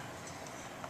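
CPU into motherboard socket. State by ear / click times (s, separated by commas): not seated / none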